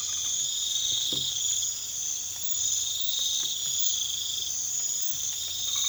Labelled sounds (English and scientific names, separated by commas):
none